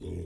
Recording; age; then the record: pig call; weaner (32 to 43 days)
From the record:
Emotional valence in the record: positive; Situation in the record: positive conditioning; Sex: female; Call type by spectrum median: low-frequency call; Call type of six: low-frequency stable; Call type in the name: low-frequency stable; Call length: 0.25 s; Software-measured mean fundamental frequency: 43 Hz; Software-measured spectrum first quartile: 93 Hz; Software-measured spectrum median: 204 Hz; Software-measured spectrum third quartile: 409 Hz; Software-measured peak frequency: 389 Hz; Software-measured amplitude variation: 91 dB a second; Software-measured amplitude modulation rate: 36.0 a second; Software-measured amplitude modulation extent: 2.5 dB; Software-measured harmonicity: 0.1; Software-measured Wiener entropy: -0.08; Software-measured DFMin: 785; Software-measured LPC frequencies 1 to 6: 373, 2234, 3420, 5362, 5874, 6648 Hz